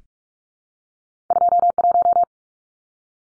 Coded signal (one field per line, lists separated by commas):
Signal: Morse code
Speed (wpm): 44 wpm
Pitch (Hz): 700 Hz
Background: none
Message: 21